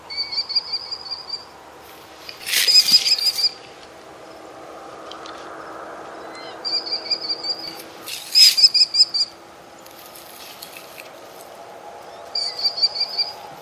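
American kestrel giving several bursts of rapid, shrill, repeated high notes, two of them overlapped by loud rustling or flapping noises.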